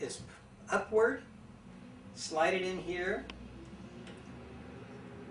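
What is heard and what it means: Someone talks while sliding a fuse holder, fitted with a replacement slow-blow fuse so motor peaks don't burn it out, into the fuse socket of a microdermabrasion machine with its hook facing up. Only speech and faint handling sounds are heard over quiet background noise. The holder has not yet been pushed all the way in, and nothing has seated or clicked yet.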